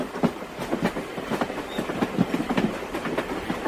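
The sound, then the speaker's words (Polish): A train rolls in with a steady clickety-clack of wheels over rail joints, repeated rhythmic thumps over a continuous low rumble and a faint metallic hiss, fairly loud with no voices. “Pociąg wtacza się na stację z punktualnością brytyjską raczej niż francuską.”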